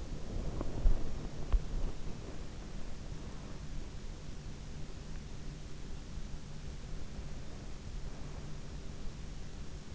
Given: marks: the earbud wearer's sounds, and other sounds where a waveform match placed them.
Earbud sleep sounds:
sounds in sleep by an in-ear microphone; breath
0.00-1.96 s: breath

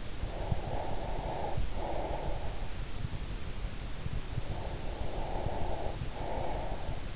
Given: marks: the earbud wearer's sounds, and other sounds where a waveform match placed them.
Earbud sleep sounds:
sounds in sleep by an in-ear microphone; breath
0.11-2.72 s: breath
4.47-7.16 s: breath

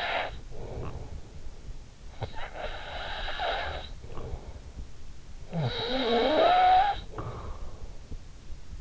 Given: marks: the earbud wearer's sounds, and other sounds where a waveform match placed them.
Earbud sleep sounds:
sounds in sleep by an in-ear microphone; snoring breath
0.00-8.81 s: snoring breath

